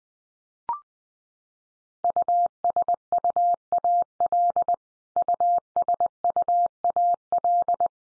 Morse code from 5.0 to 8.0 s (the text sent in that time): USUAL